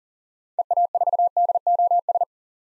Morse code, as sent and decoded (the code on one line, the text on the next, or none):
. .- ....- -.. --- ...
EA4DOS